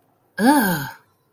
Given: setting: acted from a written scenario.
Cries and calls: vocal sound without words; anger

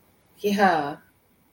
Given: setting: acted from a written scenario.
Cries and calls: vocal sound without words; pride

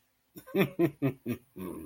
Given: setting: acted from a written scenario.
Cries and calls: vocal sound without words; amusement

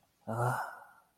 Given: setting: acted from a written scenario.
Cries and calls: vocal sound without words; contempt

